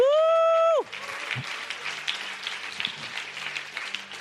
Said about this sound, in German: Ja, gib ihm mal einen Applaus.